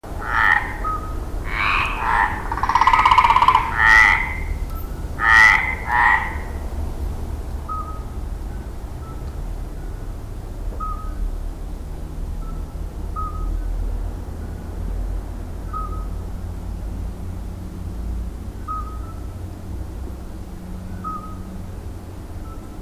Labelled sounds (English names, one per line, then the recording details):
Mediterranean Tree Frog call
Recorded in the wild
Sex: male
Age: adult
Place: Saint Remy de Provence, Provence, Provence-Alpes-Côte d'Azur, FR
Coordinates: 43.7883, 4.83278
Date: 1994-05-19
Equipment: Sony TCD-D3, 2 Sennheiser MKE 2 in Doppelreflektoren (Eigenbau)
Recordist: Krey, Winfried